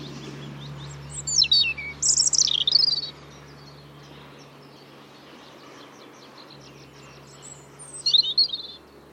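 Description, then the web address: European robin song: two high, thin warbling phrases with sliding whistles and rapid trills, a long pause, then a short jumbled phrase near the end; a steady low hum underneath. "Deverinetal 2025 File origin Bird Only Er Ru"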